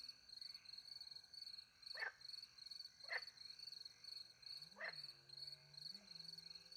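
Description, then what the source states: Frog croaks, three short harsh calls at about two, three and five seconds, over a steady high, shrill cricket trill throughout. Frogs with crickets in the countryside at night beside a little pond in France; microphones hidden in a tree, two Usi Pro mics into a MixPre-10 II recorder.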